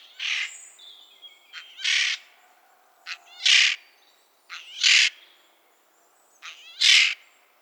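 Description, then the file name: Eurasian jay giving several harsh, rasping screeches, most preceded by a shorter rough note. "Garrulus glandarius"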